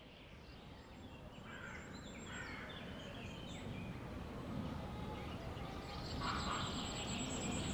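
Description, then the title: Chickens clucking, starting softly and growing busier, with harsh overlapping notes swelling toward the end over a low steady rumble. Henhouse of the Abbaye Sainte-Marie du Désert, Bellegarde-Sainte-Marie, France; recorded with a Zoom H6 using an MS microphone. "35 Chem. de Saint-Bernard, 31530 Bellegarde-Sainte-Marie, France - the henhouse of the abbey. abbaye sainte marie du désert le poulailler"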